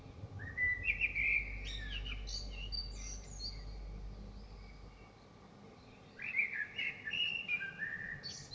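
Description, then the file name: Common blackbird song: fluting whistled phrases followed by thin high chattering notes, two bouts separated by a pause, with low rumbling noise beneath. Recorded in Dresden. "DRESDE Merle"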